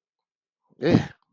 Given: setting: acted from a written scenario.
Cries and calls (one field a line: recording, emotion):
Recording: vocal sound without words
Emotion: negative surprise